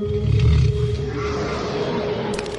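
A deep, rumbling sabre-toothed tiger roar swells in the first second and then trails off into a low, growling rumble, loud and alone with no voices.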